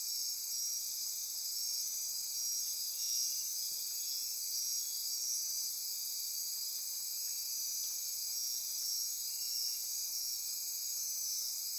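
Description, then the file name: Insect chorus, a sustained high shrilling in several layers, with a quieter lower trill coming in briefly now and then. Insect chorus recorded at midnight near Corcovado. "Wind-is-the-Original-Radio-Fridays 20240628 Andy-Martin Midnight-Insect-Chorus-Near-Corcovado"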